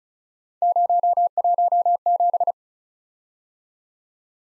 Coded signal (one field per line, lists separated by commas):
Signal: Morse code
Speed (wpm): 36 wpm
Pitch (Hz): 700 Hz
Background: none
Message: 017